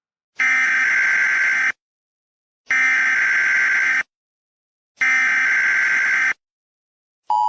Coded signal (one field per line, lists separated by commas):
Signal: Emergency Alert System (SAME) tones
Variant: header bursts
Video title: Eas scenario: Horrors of the Freakager / Halloween special